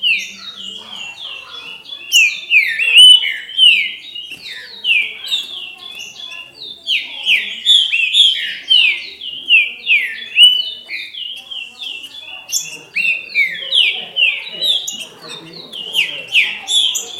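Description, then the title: Green-winged saltator song: a dense, continuous stream of rich whistled, slurred notes, briefly easing around the fifth and twelfth seconds before resuming. "Trinca Ferro"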